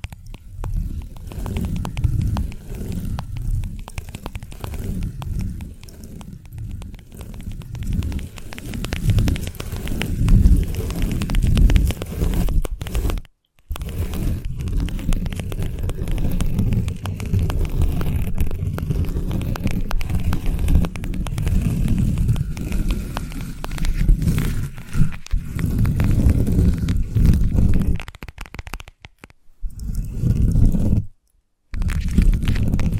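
Invisible tapping, scratching and tracing fill the clip with a dense, low, rustling rumble dotted with quick soft ticks. The texture stays busy and fairly even, broken by brief total silences near 13 and 31 seconds and a quieter dip around 29.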